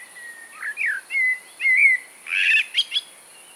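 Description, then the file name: Common blackbird song, a sequence of clear, slurred flute-like whistles rising and falling, closing with a thin, squeaky twitter at higher pitch. "Mirlo comun"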